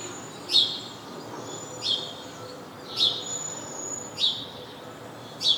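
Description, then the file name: House sparrow giving clipped, high chirps, five of them at roughly even intervals, each short and sharp against quiet background hiss. "Passer domesticus"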